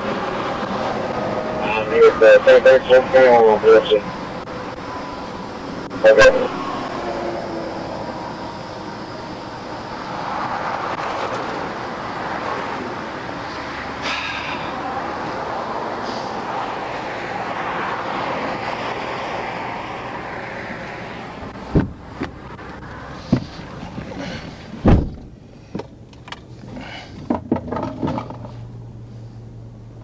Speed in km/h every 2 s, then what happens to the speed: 0, 0, 0, 0, 0, 0, 0, 0, 0, 0, 0, 0, 0, 0, 0.
0-30 standing.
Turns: none.